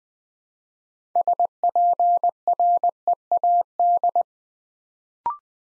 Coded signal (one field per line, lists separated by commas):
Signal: Morse code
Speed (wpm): 20 wpm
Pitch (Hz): 700 Hz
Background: none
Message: SPREAD